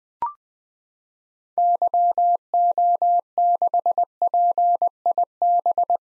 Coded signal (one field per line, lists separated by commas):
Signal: Morse code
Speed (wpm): 21 wpm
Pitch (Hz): 700 Hz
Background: none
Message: YO6PIB